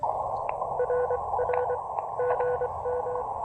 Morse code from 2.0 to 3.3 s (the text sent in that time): GM